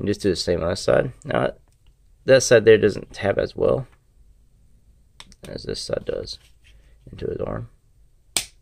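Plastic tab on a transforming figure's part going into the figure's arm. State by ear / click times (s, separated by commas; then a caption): seated / 8.4 s. Someone talks while pushing a plastic part of a Transformers Siege Starscream transforming action figure into the figure's arm until its plastic tab engages. A single sharp click at 8.4 s marks the tab seating cleanly into the arm.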